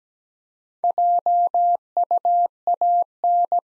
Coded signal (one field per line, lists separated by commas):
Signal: Morse code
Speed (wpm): 17 wpm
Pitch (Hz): 700 Hz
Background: none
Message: JUAN